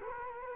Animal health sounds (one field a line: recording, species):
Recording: mosquito wingbeat signal from an infrared sensor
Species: Culex quinquefasciatus